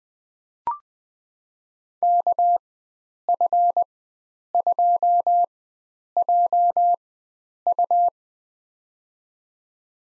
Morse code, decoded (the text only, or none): KF2JU